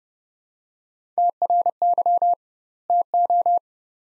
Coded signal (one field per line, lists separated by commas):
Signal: Morse code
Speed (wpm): 29 wpm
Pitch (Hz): 700 Hz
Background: none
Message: TRY TO